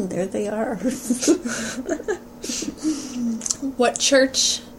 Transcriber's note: laughter